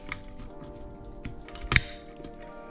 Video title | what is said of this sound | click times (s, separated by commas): GEISSELE 2 STAGE SSA-E TRIGGER INSTALLATION | There it is. I don't know if you heard that click. | 1.7 s, 1.8 s